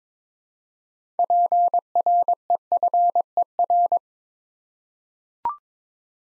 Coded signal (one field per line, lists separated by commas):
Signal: Morse code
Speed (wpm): 22 wpm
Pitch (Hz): 700 Hz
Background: none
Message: PREFER